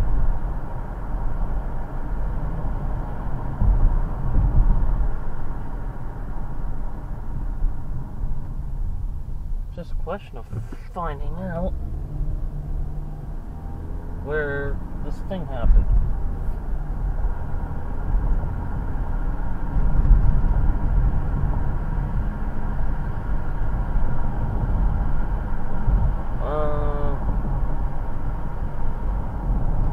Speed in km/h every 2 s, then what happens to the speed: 52, 52, 50, 34, 15, 13, 24, 35, 45, 53, 58, 60, 61, 58, 55.
4-10 brakes to 13. 10-24 speeds up to 61. 24-30 slows to 55.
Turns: none.